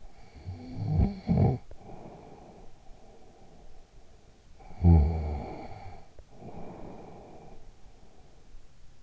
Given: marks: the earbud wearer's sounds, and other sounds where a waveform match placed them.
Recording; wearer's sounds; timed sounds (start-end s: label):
sounds in sleep by an in-ear microphone; snoring breath
0.00-3.91 s: snoring breath
4.46-8.60 s: snoring breath